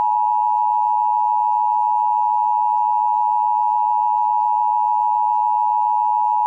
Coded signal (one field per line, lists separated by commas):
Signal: Emergency Alert System (SAME) tones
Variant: 853 and 960 Hz attention tone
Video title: 8/11/2019 EAS Tornado Warning Linn, IA (EAS #10)